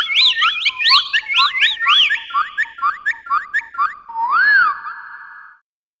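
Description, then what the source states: Bird whistles in a fast run of arched, bouncy notes that drift slightly lower, ending in a single longer, lower rising-then-falling whistle before silence. Australia.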